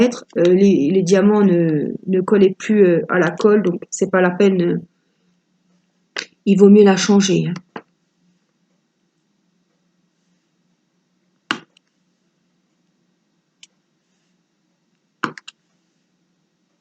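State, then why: Seated. Someone talks for most of the first eight seconds, then small square plastic resin drills are pressed one by one into the adhesive grid of a diamond painting canvas cell. Sharp little clicks are heard at 11.5 s and 15.2 s, with fainter ticks around 13.6 s and just after 15.2 s. Each drill clips into place and is seated.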